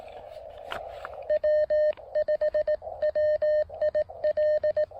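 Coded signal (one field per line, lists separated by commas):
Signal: Morse code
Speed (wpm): 18 wpm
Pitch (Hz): 590 Hz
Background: none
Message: W5WIL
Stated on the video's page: QRP POTA park activation CQ with an MTR-3B transceiver and PackTenna end-fed half-wave antenna.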